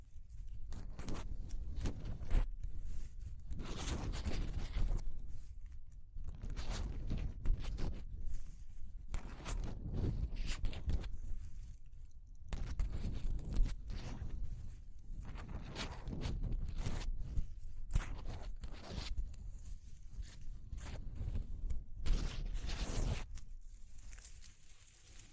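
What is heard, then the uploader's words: Textures being handled and explored: a dense, continuous run of scraping, rustling and squishing sounds with frequent sharp crackles and clicks. The movements come in irregular bursts throughout, over a steady low rumble and occasional soft thuds. ASMR Exploring Textures (No Talking).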